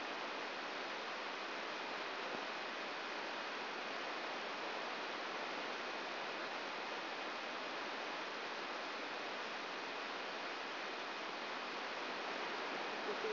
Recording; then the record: brain microelectrode recording played as sound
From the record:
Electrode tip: inside the subthalamic nucleus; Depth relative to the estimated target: 3 mm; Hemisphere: right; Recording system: AlphaMap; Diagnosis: Parkinson's disease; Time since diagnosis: 10 years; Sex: female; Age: 63 years